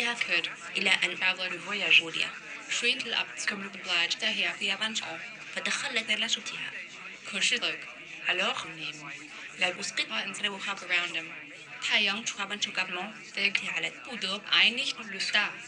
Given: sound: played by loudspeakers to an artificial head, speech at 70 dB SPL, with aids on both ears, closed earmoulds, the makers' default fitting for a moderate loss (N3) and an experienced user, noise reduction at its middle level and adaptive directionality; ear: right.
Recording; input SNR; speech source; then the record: speech test signal (ISTS) in cocktail-party noise; +9 dB; in front (0 degrees)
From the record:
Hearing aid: class 2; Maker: G